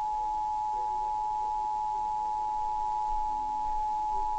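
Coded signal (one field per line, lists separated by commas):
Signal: Emergency Alert System (SAME) tones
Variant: 853 and 960 Hz attention tone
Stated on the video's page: Failed Required Monthly Test, recorded on a Nintendo 3DS.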